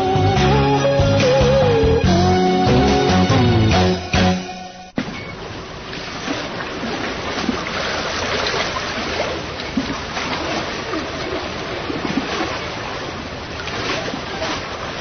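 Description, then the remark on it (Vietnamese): A short burst of music gives way to a steady wash of moving water, a continuous sloshing and rushing with faint irregular splashes, as a rowed ferry boat travels from the mouth of the main river into a creek. “Chiếc đò chèo từ ngoài vàm sông cái vô tới trong rạch, Tư Cầu bò ra đứng trước mũi, ngắm nhìn lên hai bên bờ.”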